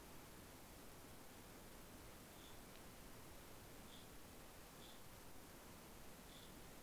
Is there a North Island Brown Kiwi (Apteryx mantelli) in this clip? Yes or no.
no